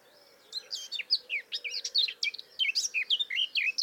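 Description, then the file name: Eurasian blackcap song: a lively, jumbled warble of quick twittering notes that keeps going for over three seconds. "Sylvia atricapilla"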